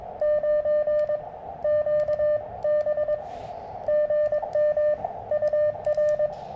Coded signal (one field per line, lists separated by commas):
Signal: Morse code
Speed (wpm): 22 wpm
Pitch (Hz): 600 Hz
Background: radio noise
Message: 9QB GM UR